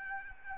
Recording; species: mosquito wingbeat signal from an infrared sensor; Aedes albopictus